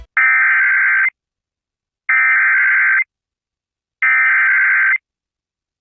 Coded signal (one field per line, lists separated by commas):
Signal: Emergency Alert System (SAME) tones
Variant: header bursts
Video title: FLOOD RISK OF HIGH OF CHRISTMAS EVE... EAS Alerts From 12/24/25 - 12/25/25 (EAS#5,003 - 5,037)